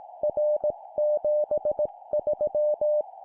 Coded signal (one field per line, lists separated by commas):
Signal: Morse code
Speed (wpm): 18 wpm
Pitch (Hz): 600 Hz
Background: none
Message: R73